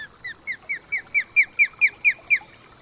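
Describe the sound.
Osprey calling in a quick train of about eleven piercing, downslurred whistles that grow louder before stopping.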